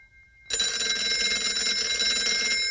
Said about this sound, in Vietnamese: Chuông điện thoại đổ dồn dập.